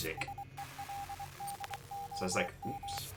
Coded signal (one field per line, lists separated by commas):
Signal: Morse code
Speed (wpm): 24 wpm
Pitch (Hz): 800 Hz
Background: speech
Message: SELDOM